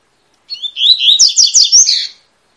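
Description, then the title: Double-collared seedeater song: one rapid, high warbled phrase of slurred, rising and falling notes lasting about a second and a half, with quick bright trills in its second half. Tui-tui song style, a teaching song for young birds, from a bird described as spirited (fibra). "COLEIRO TUI TUI FIBRA"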